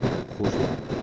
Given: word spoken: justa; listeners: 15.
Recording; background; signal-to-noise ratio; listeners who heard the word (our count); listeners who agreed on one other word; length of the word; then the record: one Spanish word in noise, from a listening test; noise modulated by three-talker babble; -6.6 dB; 3 of 15; 8 of 15; 0.62 s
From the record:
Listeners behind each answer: 8, 3, 2, 2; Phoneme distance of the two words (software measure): 10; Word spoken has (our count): 2 syllables, 5 phonemes, stress on syllable 1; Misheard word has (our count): 2 syllables, 5 phonemes, stress on syllable 1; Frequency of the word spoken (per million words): 18.30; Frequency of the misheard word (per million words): 69.71